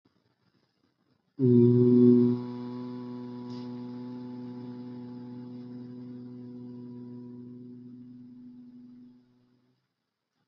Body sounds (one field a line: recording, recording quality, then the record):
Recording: sustained vowel as in boot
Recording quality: excellent, no background noise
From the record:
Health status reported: healthy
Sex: male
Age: 20 years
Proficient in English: yes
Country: India